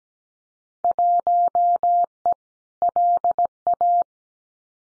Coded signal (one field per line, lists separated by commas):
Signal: Morse code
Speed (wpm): 17 wpm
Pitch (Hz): 700 Hz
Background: none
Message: 1E LA